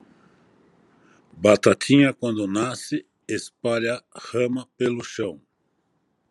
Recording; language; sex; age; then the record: short text; Brazilian Portuguese; male; 60 to 69 years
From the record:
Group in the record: control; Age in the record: 62 years